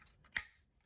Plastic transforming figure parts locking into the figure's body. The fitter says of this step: Kind of want to push those up until you hear that click right there.